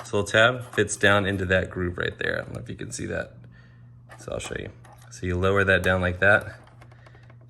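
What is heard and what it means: Someone talks while handling the landing gear leg of a 1:18 scale F4U-1D Corsair die-cast model plane from 21st Century Toys, lowering it so its small tab drops into a groove in the wing to lock the gear. Faint handling noises sit between the talk, and a short tap comes right at the end. Nothing has seated or clicked yet.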